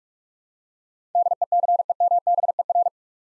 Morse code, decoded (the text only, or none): DECEMBER